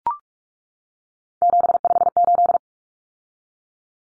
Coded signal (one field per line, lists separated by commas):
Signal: Morse code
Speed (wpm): 44 wpm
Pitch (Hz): 700 Hz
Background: none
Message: 758